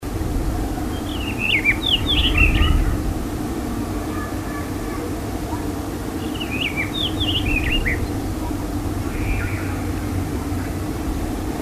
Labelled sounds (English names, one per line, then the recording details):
Black Wheatear song
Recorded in the wild
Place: El Chorro, ES
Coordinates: 36.9175, -4.68222
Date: 1971-04-01
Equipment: Uher Report 4200, AKG D190C in Doppel-Parabolreflektor
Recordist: Krey, Winfried